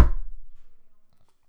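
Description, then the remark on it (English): The wooden door of an outhouse slams shut once as Shrek goes inside, with a sharp, heavy bang followed by a low rumbling resonance that fades away over about a second. No voices. “Goes into the outhouse and slams the door.”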